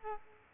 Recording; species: mosquito wingbeat signal from an infrared sensor; Culex quinquefasciatus